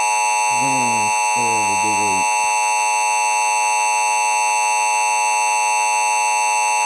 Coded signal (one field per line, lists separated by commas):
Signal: Emergency Alert System (SAME) tones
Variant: 853 and 960 Hz attention tone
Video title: Reacting to angry EAS By easalert88